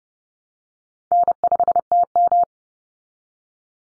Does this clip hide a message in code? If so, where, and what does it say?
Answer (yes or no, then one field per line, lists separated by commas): yes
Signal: Morse code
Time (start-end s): 1.1-2.4 s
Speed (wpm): 30 wpm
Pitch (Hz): 700 Hz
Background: none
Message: N5TM